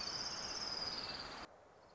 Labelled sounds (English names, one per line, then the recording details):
Orange-crowned Warbler
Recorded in Sonoma County, California